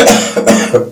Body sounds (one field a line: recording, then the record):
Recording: coughing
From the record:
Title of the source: Cough Around the Clock!